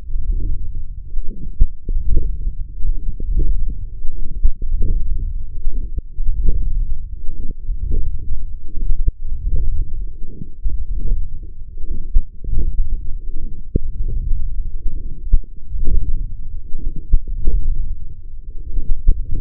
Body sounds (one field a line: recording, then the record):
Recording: forearm muscle sounds (acoustic myography)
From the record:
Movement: forearm supination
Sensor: system 1, eight BSWA MPA416 microphones around the upper forearm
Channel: 6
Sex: male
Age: 21 years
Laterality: right